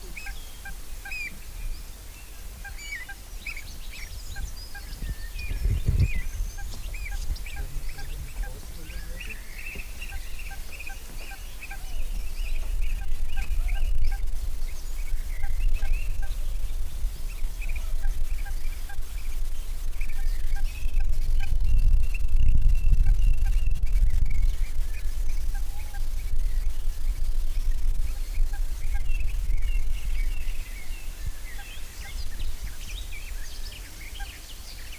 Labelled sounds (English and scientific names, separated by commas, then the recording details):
Common Moorhen (Gallinula chloropus) call
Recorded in the wild
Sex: male
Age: adult
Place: Lübars (Fließtal), Berlin, DE
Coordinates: 52.6167, 13.35
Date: 1999-05-30 15:45
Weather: heiter, 26°C, starker Wind
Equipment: Sony MD-WM MZ-R3, Sennheiser ME 80, Kopie Uher 4000 Report Monitor
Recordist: Tembrock, Günter